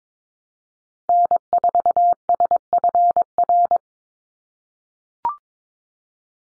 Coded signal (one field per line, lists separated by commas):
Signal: Morse code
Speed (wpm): 22 wpm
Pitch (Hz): 700 Hz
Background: none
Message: N4SFR